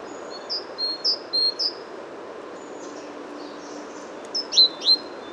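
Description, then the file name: Great tit calls: a few soft, high sliding notes early on, then a louder cluster of sharp two-part notes near the end, over steady hiss. "Parus major"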